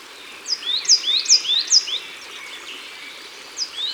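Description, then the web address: Coal tit giving four quick, high, descending double notes, then a pause and one more faint phrase, against constant soft background noise. Recorded at the water's edge. "Mesange noire Au bord de leau. album au-bord-de-leau"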